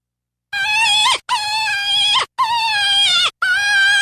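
Deer giving four drawn-out, nasal bleats in quick succession, slightly wavering in pitch, some dropping at the end.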